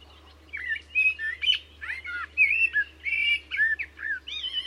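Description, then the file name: Common blackbird song, a rapid run of mellow warbled whistles that slur up and down. "Turdus merula"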